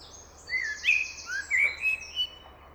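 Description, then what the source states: Common Blackbird song: mellow fluted notes sliding up and down in a short warbling phrase. Single blackbird singing alone in a park; another male blackbird nearby, song perhaps about territory.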